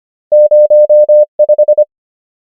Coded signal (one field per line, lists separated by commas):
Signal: Morse code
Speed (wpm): 25 wpm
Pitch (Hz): 600 Hz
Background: none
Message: 0 5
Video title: morse code practice | 25wpm | 24fw | numbers | ENGLISH